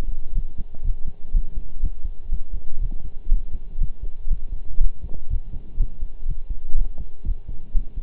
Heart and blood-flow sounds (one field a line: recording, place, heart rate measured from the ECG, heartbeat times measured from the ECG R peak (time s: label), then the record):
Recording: heart sounds by stethoscope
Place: between the tricuspid and mitral areas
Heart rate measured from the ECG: 122 bpm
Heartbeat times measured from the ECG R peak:
0.35 s: heartbeat
0.84 s: heartbeat
1.34 s: heartbeat
1.83 s: heartbeat
2.31 s: heartbeat
2.81 s: heartbeat
3.31 s: heartbeat
3.81 s: heartbeat
4.30 s: heartbeat
4.80 s: heartbeat
5.30 s: heartbeat
5.79 s: heartbeat
6.28 s: heartbeat
6.77 s: heartbeat
7.26 s: heartbeat
7.74 s: heartbeat
From the record:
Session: pedaling a stationary bicycle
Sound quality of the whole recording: partially saturated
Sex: male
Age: 23 years